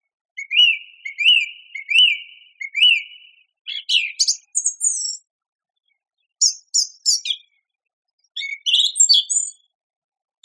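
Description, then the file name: Song thrush repeating a whistled note four times in a row, then switching to sharp high notes and a scratchy phrase. "suara-kicauan-burung-song-thrush -omkicau"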